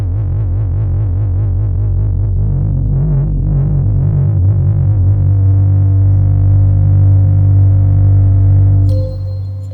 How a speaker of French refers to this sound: Avec ça, un bruit de moteur. On passe une tronçonneuse à Diego.